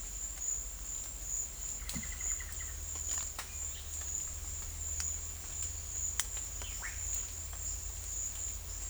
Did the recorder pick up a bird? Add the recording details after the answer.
yes. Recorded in secondary vegetation near Puerto Asís, Putumayo, Colombia, on 26 December 2024 at 12:00. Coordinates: 0.488, -76.319. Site GP04